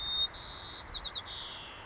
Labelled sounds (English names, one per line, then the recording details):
White-crowned Sparrow
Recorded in Sonoma County, California